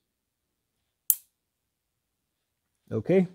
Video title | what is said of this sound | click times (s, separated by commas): N42/N46 Safe Valvetronic Removal & Detailed Timing guide | until I hear it click | 1.1 s